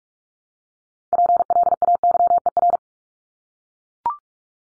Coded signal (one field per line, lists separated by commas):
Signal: Morse code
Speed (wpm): 44 wpm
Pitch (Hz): 700 Hz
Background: none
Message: PLAYER